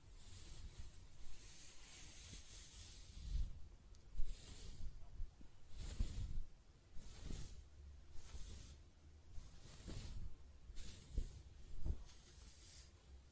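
Hair being brushed and stroked up close, a steady run of soft, bright swishing strokes about once a second, with faint low thumps underneath.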